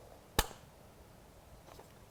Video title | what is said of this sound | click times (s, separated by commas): Academy Live ep 25 - Top ten misunderstanding's about light | when you put in like this you need to twist the modifier until you hear a click sound | 0.4 s